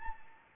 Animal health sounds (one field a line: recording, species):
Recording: mosquito wingbeat signal from an infrared sensor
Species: Anopheles gambiae